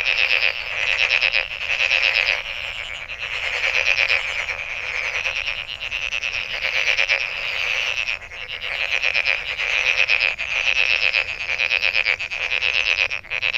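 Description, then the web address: Frogs giving rapid pulsed croaks in a chorus, in bursts that swell and fade every second or two. Recorded 23 May 2008. "misc sound frog frog 20080523"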